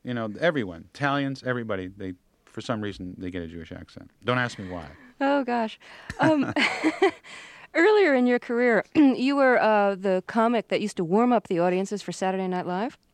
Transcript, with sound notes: You know, everyone - Italians - everybody, for some reason, they get a Jewish accent. Don't ask me why.
Oh, gosh.
(LAUGHTER)
Earlier in your career, you were the comic that used to warm up the audiences for "Saturday Night Live?"